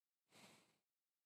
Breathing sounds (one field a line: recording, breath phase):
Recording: one breath near a microphone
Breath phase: exhalation